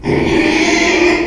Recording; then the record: squeal of a Yucatan mini pig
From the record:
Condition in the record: after surgery on the right vocal fold (resection and tissue-engineered implant); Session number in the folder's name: 2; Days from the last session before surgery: 13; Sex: male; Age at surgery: 12 weeks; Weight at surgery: 13 kg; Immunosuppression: cyclosporine, prednisolone